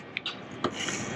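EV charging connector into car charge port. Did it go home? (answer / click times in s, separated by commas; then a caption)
yes / 0.2 s. A Supercharger plug is pushed into a Tesla Model Y's charge port after the port door is opened, and it clicks home with a sharp, short snap at 0.2 s. A softer rustling bump follows at 0.3 s and another sharp tap at 0.7 s over a steady hiss. The plug is seated and charging starts.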